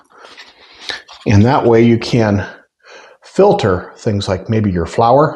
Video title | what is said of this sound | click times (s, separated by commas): Pisol Wide Mouth Kitchen Funnel for Canning, Kitchen Use | inside and it looks like they just click into place. | 0.9 s